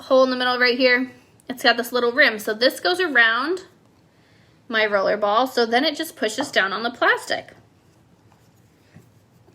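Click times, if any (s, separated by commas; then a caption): none. A small plastic tool with a rimmed hole is placed over the roller ball of a small essential-oil roller bottle, positioned to press down on the plastic roller ball insert and push it into the bottle neck. Someone talks through most of the clip, and a faint tap is heard near 8.3 s. Nothing has seated or clicked yet; the insert is still not home when the clip ends.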